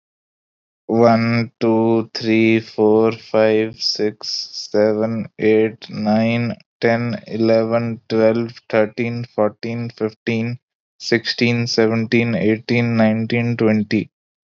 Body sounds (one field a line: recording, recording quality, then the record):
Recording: counting at a normal pace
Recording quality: excellent, no background noise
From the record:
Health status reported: healthy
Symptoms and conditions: none ticked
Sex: male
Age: 27 years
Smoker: not ticked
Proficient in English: yes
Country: India